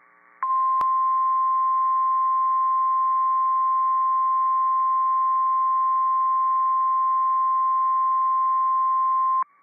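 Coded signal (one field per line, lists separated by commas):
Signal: Emergency Alert System (SAME) tones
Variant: 1050 Hz attention tone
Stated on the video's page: Severe thunderstorm warnings from NWS League City on a Tomball, Texas NOAA Weather Radio station.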